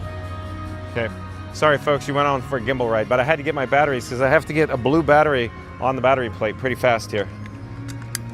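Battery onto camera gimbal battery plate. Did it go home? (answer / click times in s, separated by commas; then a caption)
yes / 8.1 s. Someone talks over background music while a blue rechargeable battery is pushed onto the battery plate of a gimbal camera rig. After a couple of faint ticks, a sharp click sounds at 8.2 s as the battery seats on the plate.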